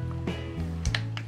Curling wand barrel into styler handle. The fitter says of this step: yon nag-lock na siya kailangan mag-lock siya guys Ayan naka-lock na siya